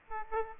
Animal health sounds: mosquito wingbeat signal from an infrared sensor; Aedes aegypti

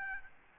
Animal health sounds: mosquito wingbeat signal from an infrared sensor; Aedes albopictus

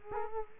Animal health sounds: mosquito wingbeat signal from an infrared sensor; Culex quinquefasciatus

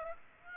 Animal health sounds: mosquito wingbeat signal from an infrared sensor; Aedes aegypti

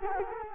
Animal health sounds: mosquito wingbeat signal from an infrared sensor; Culex quinquefasciatus

